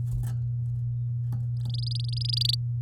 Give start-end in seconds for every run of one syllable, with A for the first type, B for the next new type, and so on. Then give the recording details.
1.57-2.55 A. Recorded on 8 May 2018 at 12:06. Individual llb16